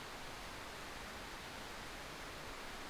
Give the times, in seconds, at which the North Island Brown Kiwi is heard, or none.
none